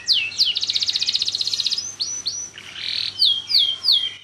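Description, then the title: Canary song opening with sharp downslurred notes, then a rapid rolling trill, a buzzy phrase and repeated descending whistles; faint low hum beneath. Kalitan (tutor) canary singing loudly (gacor) with a long song. "Kenari Kalitan Gacor Suara Panjang"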